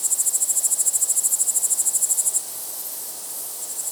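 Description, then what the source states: Cricket trilling in fast, evenly pulsed high chirps for over two seconds, then fading into a continuous softer high buzz with a brief return of pulses at the end. Crickets at night.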